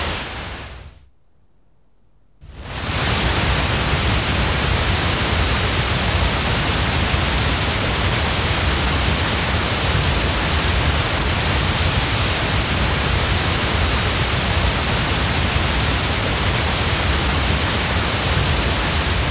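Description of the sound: Synthesized simulation of a tinnitus-like sound: a steady, broadband rushing noise, pink-noise-like with strong low-frequency content, continuing after a brief near-silent gap at the start. A fair representation of what tinnitus sufferers hear continually in their head; moderate to very loud.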